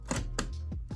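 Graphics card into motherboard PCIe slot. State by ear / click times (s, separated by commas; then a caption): seated / 0.4 s. A large MSI Gaming Z Trio RTX 3080 graphics card, its light still in plastic wrapping, is pushed down into a motherboard PCIe slot. A sharp knock at 0.1 s precedes the loudest click at 0.4 s, as the slot's retention clip latches, followed by softer knocks at 0.7 s and 0.9 s. The card is seated in the slot.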